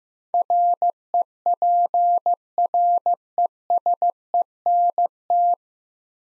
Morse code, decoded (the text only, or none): REPRESENT